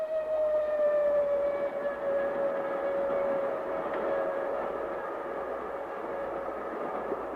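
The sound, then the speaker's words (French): A train rumbles past as night falls with a broad, steady roar, topped by a long sustained whistle-like tone that slowly drifts lower in pitch before fading slightly toward the end. “À part ces trains qui continueront à passer toute la nuit, bientôt tout dormira.”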